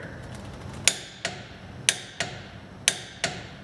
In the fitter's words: hear that that click signifies that I'm done so I'm not going to keep pushing on this